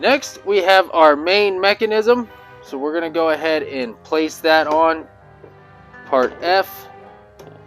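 Someone talks over background music while handling the main mechanism of a Lethal Lily Home Depot Halloween animatronic, placing it onto part F, the frame pole section it mounts on. A brief faint sound occurs near 7.4 seconds, but nothing has seated or snapped into place yet.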